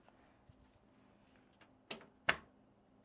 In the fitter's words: it was a quick click hopefully you heard it